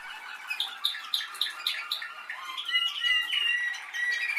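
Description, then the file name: Canary song: a run of rapid repeated chirps about four per second, then sustained trills and thin whistled notes around a high pitch. "Canary Voice"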